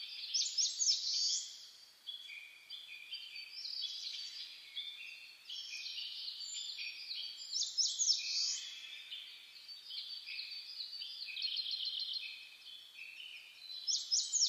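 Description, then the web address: Continuous bird chorus, many high chirps and trills layered densely, with brief louder flourishes near eight seconds and at the end. Dawn chorus (reimei) recorded on 10 May 2010. "sounds data 2010 reimei DH-D 50-saezuri-20100510-0401"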